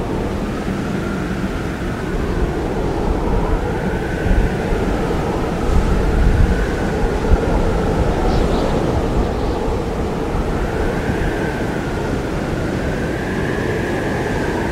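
Howling winds of a winter snowstorm roar steadily throughout, with a dense low rumble underneath. A whistling tone rises and falls in slow waves above the roar, and a few stronger gusts push through around the middle.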